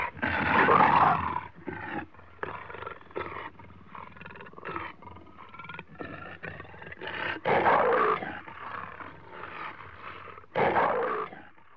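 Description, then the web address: Leopard growling, harsh rasping snarls with loud bursts near the start, around eight seconds and near eleven seconds, quieter breathy rasps between. Leopards in Africa, recorded close up while growling. "BBC Sound Effects Library. Africa. Leopards"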